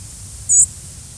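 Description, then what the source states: White-throated sparrow flight call: a single very high, thin seet note lasting a fraction of a second. Nocturnal flight call.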